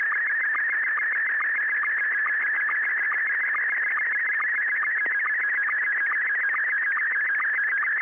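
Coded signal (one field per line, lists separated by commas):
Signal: SSTV (slow-scan television)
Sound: continuous warbling, buzzy tone with rapid regular ticking sync pulses throughout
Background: radio hiss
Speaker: an example of the sort of thing I heave around um on the Sundays and on practice nights when I go bell ringing how did it come over with with you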